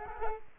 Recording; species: mosquito wingbeat signal from an infrared sensor; Culex quinquefasciatus